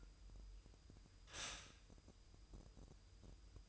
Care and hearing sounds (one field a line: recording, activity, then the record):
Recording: daily activity, microphone in the room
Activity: stop toaster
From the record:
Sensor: 2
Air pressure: 988.4 hPa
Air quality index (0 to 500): 191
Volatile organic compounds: 185 ppm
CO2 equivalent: 4160 ppm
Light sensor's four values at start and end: 20/68/27/25 and 20/68/27/25